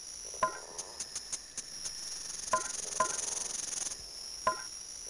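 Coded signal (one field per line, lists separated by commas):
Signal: none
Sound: game sound effect beeps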